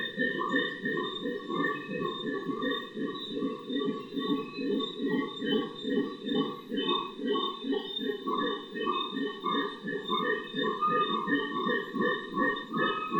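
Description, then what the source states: Howler monkeys giving dense, overlapping grunting roars in a rapid rhythm, with continuous higher tones in the background. Howler monkeys in Otún Quimbaya Sanctuary, Risaralda, Colombia; recorded in 2011.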